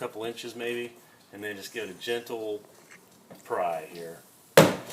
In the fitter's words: you'll hear it pop off.